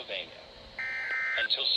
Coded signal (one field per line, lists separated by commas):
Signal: Emergency Alert System (SAME) tones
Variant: end-of-message bursts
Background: speech